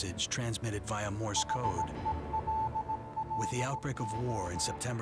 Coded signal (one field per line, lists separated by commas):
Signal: Morse code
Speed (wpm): 17 wpm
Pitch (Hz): 880 Hz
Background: speech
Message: HELLO